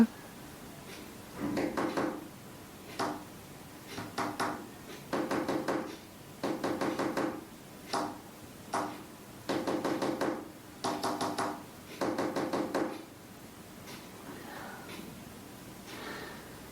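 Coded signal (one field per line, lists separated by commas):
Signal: tap code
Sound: groups of dull wooden knocks on a table, about ten groups with pauses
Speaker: Are you doing like a Morse code thing? She's signaling numbers. She was like knocking numbers.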